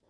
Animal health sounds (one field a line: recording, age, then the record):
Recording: pig call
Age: piglet (1 to 25 days)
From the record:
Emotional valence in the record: positive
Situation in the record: short reunion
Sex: female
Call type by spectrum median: low-frequency call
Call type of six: low-frequency tonal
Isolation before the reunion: 3 minutes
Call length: 0.10 s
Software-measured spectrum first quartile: 381 Hz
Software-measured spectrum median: 764 Hz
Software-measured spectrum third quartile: 3332 Hz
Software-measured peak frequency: 513 Hz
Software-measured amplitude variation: 63 dB a second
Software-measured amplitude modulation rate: 9.9 a second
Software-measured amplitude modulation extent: 6.4 dB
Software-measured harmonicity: -0.1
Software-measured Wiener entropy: -2.25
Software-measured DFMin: 1303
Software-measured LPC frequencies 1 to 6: 541, 1870, 3365, 4904, 5901, 7102 Hz